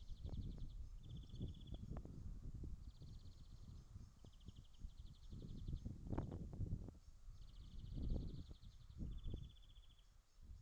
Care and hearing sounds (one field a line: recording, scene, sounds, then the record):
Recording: everyday scene through a hearing-aid microphone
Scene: wind on the microphone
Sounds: wind, traffic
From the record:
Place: in front of a rural house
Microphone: in the ear canal, left